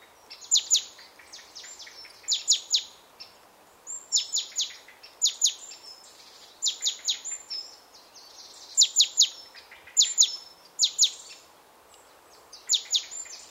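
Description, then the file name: Great tit calls: repeated bursts of dry, rapid chattering notes, each group lasting under a second, with a soft background hiss throughout. "Parus major"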